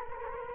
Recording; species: mosquito wingbeat signal from an infrared sensor; Culex quinquefasciatus